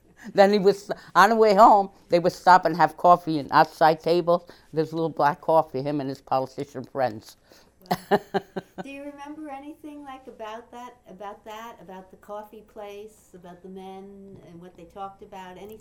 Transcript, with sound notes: Then he was, on the way home they would stop and have coffee at outside tables, little black coffee, him and his politician friends. ( she laughs )
Do you remember anything, like, about that, about that, about the coffee place, about the men, and what they talked about, anything?